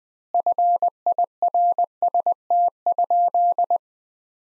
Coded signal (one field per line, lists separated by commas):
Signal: Morse code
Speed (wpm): 20 wpm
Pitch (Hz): 700 Hz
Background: none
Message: FIRST?